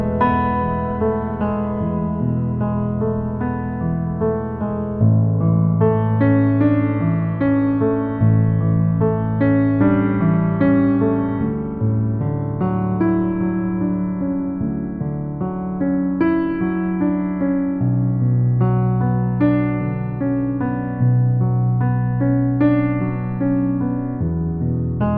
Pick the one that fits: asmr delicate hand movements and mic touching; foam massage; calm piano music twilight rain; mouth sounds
calm piano music twilight rain